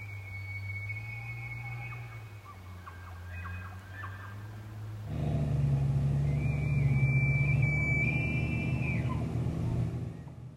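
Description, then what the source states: Roosevelt elk bugle: a long, thin, high whistled tone, then after a shift in background noise, a second high whistle, over a steady low hum. Bull elk bugling, a high-pitched call, during breeding season from late September into early October, to show off to females and assert dominance over other bulls; Jewell Meadows Wildlife Area, Northern Coast Range, Oregon.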